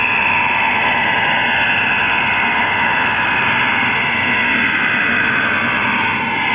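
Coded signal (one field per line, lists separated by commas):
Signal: HF data modem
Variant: STANAG 4285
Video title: IDR Rome Stanag 4285 - Shortwave 6333Khz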